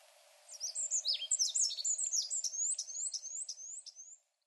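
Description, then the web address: Olive-backed pipit song: a rapid, very high, thin run of sweeping slurred notes, jumbled at first, then settling into evenly repeated downslurred phrases for about four seconds. Recorded 3 July 2008. "koe binzui 080703 asyoro kuroda"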